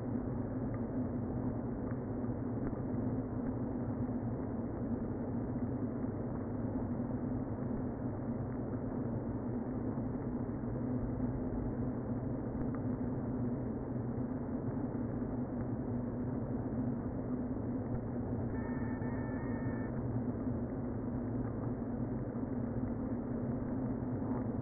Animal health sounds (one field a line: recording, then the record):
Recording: honeybee colony, microphone inside the hive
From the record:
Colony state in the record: queen present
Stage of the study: before two queens were removed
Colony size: about 60,000 bees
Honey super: yes